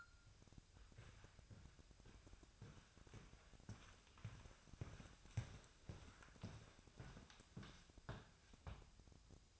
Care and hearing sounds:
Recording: daily activity, microphone in the room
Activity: walk to room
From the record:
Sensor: 2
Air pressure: 999.3 hPa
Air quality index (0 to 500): 192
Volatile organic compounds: 25 ppm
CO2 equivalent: 2849 ppm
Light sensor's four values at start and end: 7/17/7/7 and 7/16/6/7

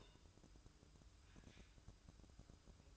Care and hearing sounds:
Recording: daily activity, microphone in the room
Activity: take from stove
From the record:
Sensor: 2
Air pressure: 1007.9 hPa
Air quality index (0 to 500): 110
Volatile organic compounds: 1 ppm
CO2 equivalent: 819 ppm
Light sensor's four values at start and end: 6/15/6/6 and 6/15/6/6

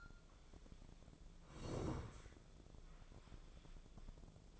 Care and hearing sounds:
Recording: daily activity, microphone in the room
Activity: sit down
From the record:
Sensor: 5

